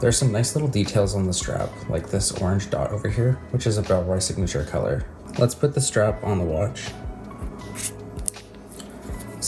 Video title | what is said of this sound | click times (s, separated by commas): How To Dress Up Your Apple Watch! | gives you that nice satisfying click that you would expect | 8.3 s